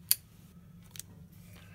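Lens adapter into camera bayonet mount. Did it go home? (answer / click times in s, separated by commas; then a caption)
yes / 0.1 s. With its red dot aligned to the white dot on the camera, a lens adapter is pressed in and turned counterclockwise into the camera's bayonet mount. It locks with a sharp click at 0.1 s, followed by a fainter tick near 1.0 s, and the adapter is seated.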